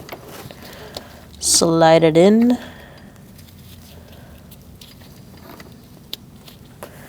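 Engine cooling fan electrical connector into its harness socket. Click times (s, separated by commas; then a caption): 6.1 s. Someone talks briefly as the engine cooling fan's electrical connector is slid onto its plastic harness socket during a cooling fan assembly replacement on a 2016-2019 Chevrolet Cruze 1.4L L4. After quiet handling with a few faint ticks, the connector is pushed home and gives a sharp click at 6.1 s, seating it so it can be locked in place.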